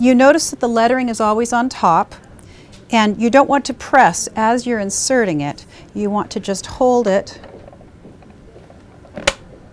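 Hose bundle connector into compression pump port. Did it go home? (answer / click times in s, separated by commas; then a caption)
yes / 9.3 s. Someone talks while a plastic hose bundle connector is held lettering-side up, without pressing the release, and pushed straight into the port of a compression pump. A few faint ticks follow, then a sharp, loud click at 9.3 seconds as the connector seats in the pump.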